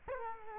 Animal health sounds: mosquito wingbeat signal from an infrared sensor; Culex quinquefasciatus

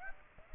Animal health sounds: mosquito wingbeat signal from an infrared sensor; Aedes aegypti

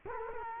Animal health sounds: mosquito wingbeat signal from an infrared sensor; Culex quinquefasciatus

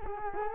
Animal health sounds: mosquito wingbeat signal from an infrared sensor; Culex quinquefasciatus

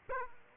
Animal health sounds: mosquito wingbeat signal from an infrared sensor; Aedes aegypti

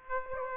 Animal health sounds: mosquito wingbeat signal from an infrared sensor; Aedes aegypti

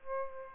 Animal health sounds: mosquito wingbeat signal from an infrared sensor; Aedes albopictus

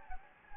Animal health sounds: mosquito wingbeat signal from an infrared sensor; Anopheles gambiae

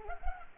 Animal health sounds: mosquito wingbeat signal from an infrared sensor; Culex pipiens

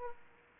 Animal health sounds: mosquito wingbeat signal from an infrared sensor; Aedes aegypti

